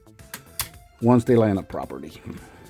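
Folded plastic panels are handled against the chest cavity of a Stellarus Prominon MMC Ocular Max U-01 (Star Convoy) transforming robot figure, with light plastic taps and brief knocks near the start while someone talks. Nothing has seated or clicked into place yet.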